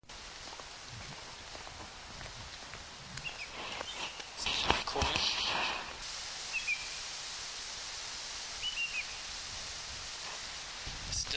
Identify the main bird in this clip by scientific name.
Tringa flavipes